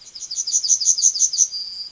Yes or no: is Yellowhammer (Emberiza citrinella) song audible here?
yes